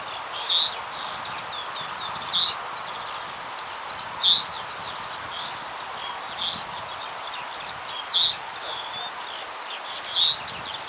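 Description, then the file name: Common chaffinch uttering crisp high call notes at fairly regular intervals. "Fringilla coelebs"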